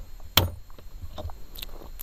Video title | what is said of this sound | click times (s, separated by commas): How to Use a Jorest Watch Press on a Pulsar Watch - Full Step-by-Step Demonstration | Okay, you heard a snap. | 0.4 s